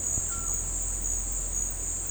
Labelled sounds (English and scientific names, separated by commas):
none